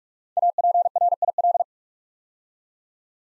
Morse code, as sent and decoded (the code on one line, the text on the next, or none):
.- .--. .-. .. .-..
APRIL